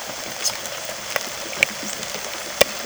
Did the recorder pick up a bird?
no